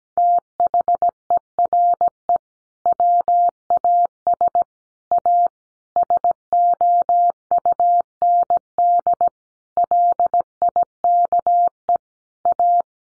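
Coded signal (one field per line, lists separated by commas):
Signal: Morse code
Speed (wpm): 17 wpm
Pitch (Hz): 700 Hz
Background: none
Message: THERE WAS A SOUND LIKE A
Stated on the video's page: Morse head-copy sentence practice at 17 wpm.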